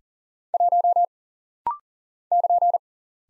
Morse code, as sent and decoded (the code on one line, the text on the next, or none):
.---- / -.--.
1 <KN>